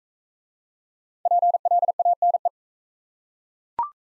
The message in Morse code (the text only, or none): PLANE